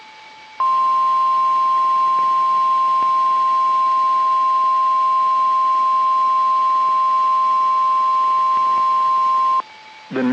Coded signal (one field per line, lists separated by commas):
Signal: Emergency Alert System (SAME) tones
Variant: 1050 Hz attention tone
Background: speech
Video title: Let's Go Mobile Again! | EAS Alerts from April 20th, 2023 (EAS #2420-2427)